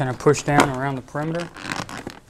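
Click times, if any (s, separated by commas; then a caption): none. A plastic trim panel is set in place on the cupholder lid of a Dodge Ram truck's center console, ready to be pushed down around its perimeter so its plastic retaining clips snap home. Someone talks throughout, with two brief sharp sounds near 1.9 and 2.1 seconds. Nothing has seated or clicked yet.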